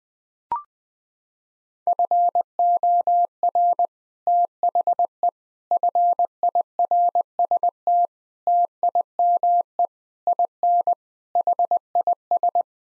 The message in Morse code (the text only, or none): FOR THE FIRST TIME IN HIS